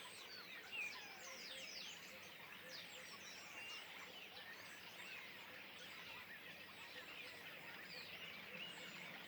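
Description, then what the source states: Common starlings keep up a thick, even chatter of squeaks, clicks and short whistles from many birds calling at once, with one brief louder note near the start. Flock perched in trees beside the Louroux pond, Le Louroux, near Loches, Indre-et-Loire, France; recorded with Sennheiser MKH8020 ORTF stereo pair and Sound Devices MixPre-6 II.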